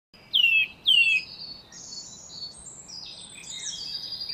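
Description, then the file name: Eurasian nuthatch giving two loud, sharply descending whistled notes close together, followed by softer high twittering. "Sitta europaea"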